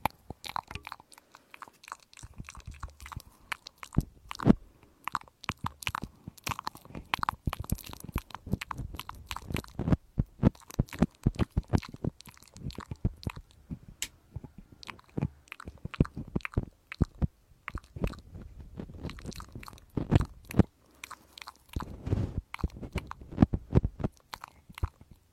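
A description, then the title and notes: Ear cleaning with dense, irregular crackles, squishes and scratchy clicks running almost continuously, with brief pauses near 2, 15 and 21 seconds. Penetrating flow ear cleaning.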